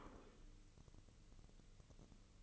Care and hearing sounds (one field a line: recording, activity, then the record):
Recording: daily activity, microphone in the room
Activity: place plate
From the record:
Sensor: 4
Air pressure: 1008.3 hPa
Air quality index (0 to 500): 81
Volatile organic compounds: 1 ppm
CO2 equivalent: 649 ppm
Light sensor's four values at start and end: 14/33/13/13 and 14/33/13/13